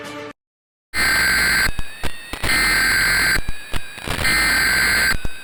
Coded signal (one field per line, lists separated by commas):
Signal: Emergency Alert System (SAME) tones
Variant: header bursts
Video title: The Last Breath | ASTEROID IMPACT EAS SCENARIO | DOOMSDAY ANALOG HORROR SCENARIO